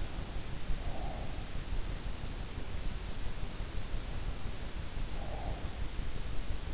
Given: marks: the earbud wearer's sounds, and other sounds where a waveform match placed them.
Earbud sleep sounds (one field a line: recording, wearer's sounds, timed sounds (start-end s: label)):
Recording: sounds in sleep by an in-ear microphone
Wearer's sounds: breath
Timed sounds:
0.41-2.07 s: breath
4.89-6.62 s: breath